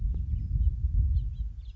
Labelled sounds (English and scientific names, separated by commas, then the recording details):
House Finch (Haemorhous mexicanus)
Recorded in Sonoma County, California